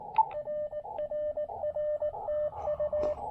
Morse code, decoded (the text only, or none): RRR TU